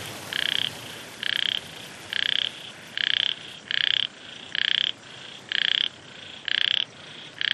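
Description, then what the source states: A frog croaks in short grating pulsed bursts nearly once a second, one regular series with softer calls faintly behind. Frogs in Vietnam, with wind.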